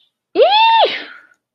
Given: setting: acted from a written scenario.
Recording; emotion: vocal sound without words; elation